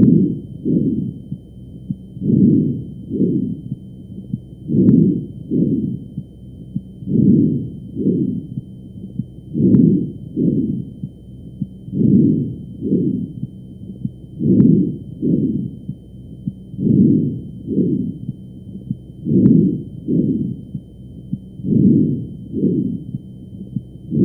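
Bronchovesicular breath sounds heard over an adult chest with a stethoscope: repeated breath cycles with inspiratory and expiratory phases of similar length and intensity, with the sound energy concentrated at low frequencies.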